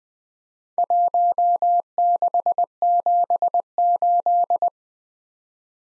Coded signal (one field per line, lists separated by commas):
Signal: Morse code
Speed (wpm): 20 wpm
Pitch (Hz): 700 Hz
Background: none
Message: 1678